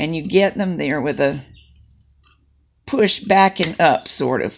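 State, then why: Not seated. Someone talks while handling a metal needle on a vintage Mini Necchi knitting machine, pushing it back and up toward the needle bed's locked back travel position, where it clicks in rather hard because the needles are not in perfect shape. The speech pauses into near silence from about 1.7 to 2.9 s, then resumes. The needle has not seated or clicked into place yet.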